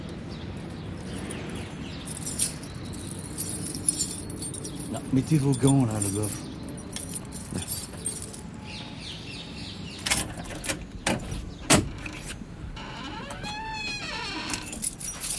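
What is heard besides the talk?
keys jangling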